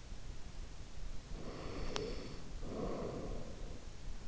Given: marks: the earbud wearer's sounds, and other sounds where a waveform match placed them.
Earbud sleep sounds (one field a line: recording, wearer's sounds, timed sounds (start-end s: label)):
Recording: sounds in sleep by an in-ear microphone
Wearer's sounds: breath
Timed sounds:
1.14-4.07 s: breath